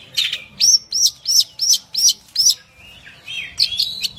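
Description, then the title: Long-tailed shrike song: six loud arched whistled notes repeated about every third of a second, then softer warbled twitters. Champion songbird. "Kicau Burung Cendet Juara"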